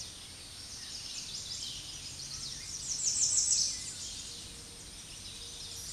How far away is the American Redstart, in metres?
about 15 m